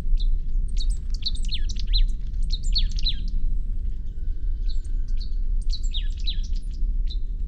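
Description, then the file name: Marsh tit giving clear, sharp, high notes that slur steeply downward, delivered in quick clusters with brief pauses, over a steady low rumble. "Poecile palustris"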